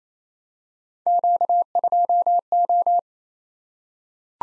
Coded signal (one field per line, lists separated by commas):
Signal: Morse code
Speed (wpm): 27 wpm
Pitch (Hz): 700 Hz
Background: none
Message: Q2O